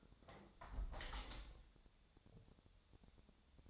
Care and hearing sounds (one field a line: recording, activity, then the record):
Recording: daily activity, microphone in the room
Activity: close window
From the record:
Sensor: 3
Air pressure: 1014.9 hPa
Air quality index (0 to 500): 33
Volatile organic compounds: 1 ppm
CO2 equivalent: 551 ppm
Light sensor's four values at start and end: 10/23/9/9 and 9/22/9/9